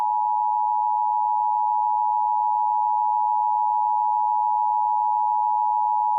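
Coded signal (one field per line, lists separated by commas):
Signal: Emergency Alert System (SAME) tones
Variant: 853 and 960 Hz attention tone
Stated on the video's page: Real severe thunderstorm warning carrying valid alert tones.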